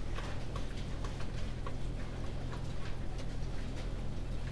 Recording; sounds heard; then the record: poultry house recording; no chicken sound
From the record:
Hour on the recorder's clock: 19